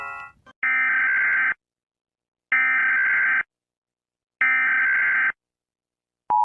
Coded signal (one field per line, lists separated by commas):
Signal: Emergency Alert System (SAME) tones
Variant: header bursts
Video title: puppet : my ears!!!!!! #ratingeasalarms #eas #memes